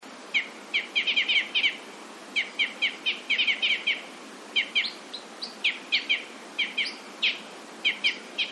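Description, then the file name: Red crossbill calls: sharp, clipped 'kip' notes, single or in quick bursts, repeated steadily throughout over a soft background hiss. "isuka"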